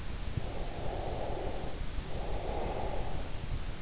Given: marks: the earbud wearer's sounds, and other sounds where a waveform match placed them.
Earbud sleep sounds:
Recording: sounds in sleep by an in-ear microphone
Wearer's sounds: breath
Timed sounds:
0.21-3.72 s: breath

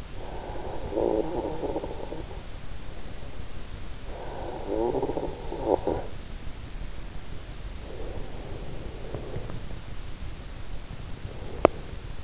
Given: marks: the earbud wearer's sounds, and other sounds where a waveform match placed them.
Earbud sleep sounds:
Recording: sounds in sleep by an in-ear microphone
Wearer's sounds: snoring breath, breath, teeth grinding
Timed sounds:
0.22-6.22 s: snoring breath
7.22-10.22 s: breath
11.22-12.22 s: teeth grinding

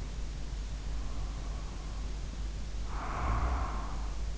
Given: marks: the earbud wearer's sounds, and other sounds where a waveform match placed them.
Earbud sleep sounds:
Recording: sounds in sleep by an in-ear microphone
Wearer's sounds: snoring breath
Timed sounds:
0.86-4.38 s: snoring breath

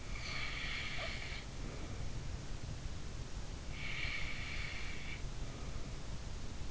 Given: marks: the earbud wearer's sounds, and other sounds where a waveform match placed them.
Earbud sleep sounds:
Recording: sounds in sleep by an in-ear microphone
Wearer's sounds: snoring breath, breath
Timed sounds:
0.20-2.51 s: snoring breath
3.68-6.71 s: breath

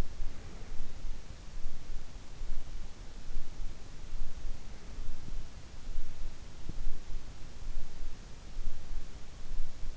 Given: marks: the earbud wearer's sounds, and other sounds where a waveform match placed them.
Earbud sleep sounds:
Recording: sounds in sleep by an in-ear microphone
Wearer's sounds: breath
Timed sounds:
0.00-1.33 s: breath

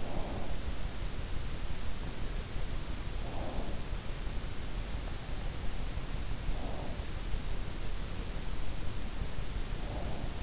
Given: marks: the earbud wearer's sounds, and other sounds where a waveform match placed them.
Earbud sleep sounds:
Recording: sounds in sleep by an in-ear microphone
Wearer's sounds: breath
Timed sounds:
0.00-0.57 s: breath
3.29-3.84 s: breath
6.46-7.01 s: breath
9.79-10.43 s: breath

